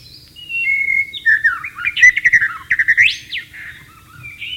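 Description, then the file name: White-rumped shama singing a clear whistle followed by a fast rich sequence of trilled and rising notes, ending with soft whistles. Wild bird, in the wild. "suara burung murai batu di alam liar"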